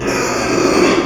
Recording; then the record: squeal of a Yucatan mini pig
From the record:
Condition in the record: before surgery on the right vocal fold (resection and tissue-engineered implant); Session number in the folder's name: 1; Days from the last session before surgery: -3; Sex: male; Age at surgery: 12 weeks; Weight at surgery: 13 kg